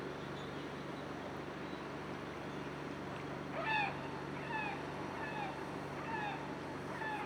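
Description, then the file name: Gull calls, faint nasal downslurred cries repeating in a loose series over a constant background hum. "goeland"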